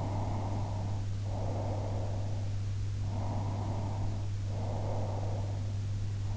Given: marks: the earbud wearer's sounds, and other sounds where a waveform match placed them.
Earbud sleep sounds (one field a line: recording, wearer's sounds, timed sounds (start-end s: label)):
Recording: sounds in sleep by an in-ear microphone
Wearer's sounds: breath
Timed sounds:
0.08-2.76 s: breath
3.17-5.93 s: breath